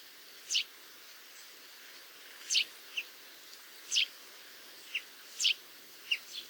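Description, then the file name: Common chaffinch: small bird giving short, sharp downslurred chip notes, single or in quick pairs, spaced irregularly over a steady hiss of background noise. "Fringilla coelebs"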